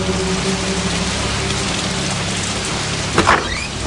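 Steady rain pours down at night in a dense, even hiss of countless drops, with a low hum underneath and a brief squeaky sweep near the end. No one speaks.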